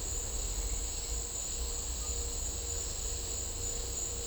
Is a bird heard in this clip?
no